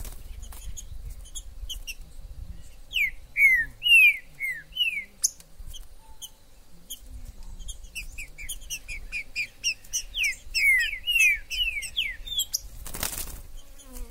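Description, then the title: Green-winged saltator repeating phrases of falling, slurred whistles, several in quick succession, amid busy high chirping from other birds and a brief noise burst near the end. Wild bird in the forest; the video is meant to excite a kept trinca-ferro to call, sing and display in contests. "TRINCA Piando, Cantando E Macheando Na DISPUTA. TRINCA FERRO no MATO. Trinca ferro MAJOR no MATO"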